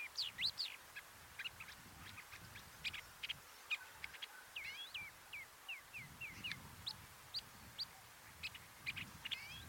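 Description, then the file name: Long-tailed shrike calls: a busy run of short, varied chirps and slurred notes, some rising and some falling, scattered across ten seconds over faint low rumble. "Ruud van Beusekom - Dlinnohvostyj sorokoput Lanius schach"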